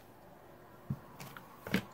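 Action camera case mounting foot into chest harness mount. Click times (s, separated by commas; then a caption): 1.7 s. An action camera's housing, with one of its plastic mounting feet broken but still usable, is pushed into the plastic buckle of a chest harness mount, with faint handling noises beforehand. A sharp click at 1.7 s confirms the mounting foot has seated in the chest mount.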